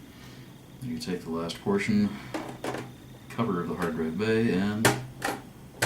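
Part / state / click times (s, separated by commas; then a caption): hard drive bay cover onto console case / seated / 5.8 s. Someone talks while the plastic hard drive bay cover of an Xbox 360 (generation 1 and 2) is pressed onto the console case during reassembly. A sharp click at 5.8 s marks the cover clicking into place, seated.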